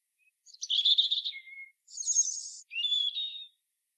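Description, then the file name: European robin offering three separate phrases: a tumbling warble ending low, a very high shimmering burst, and a fine wavering whistle. "Erithacus rubecula"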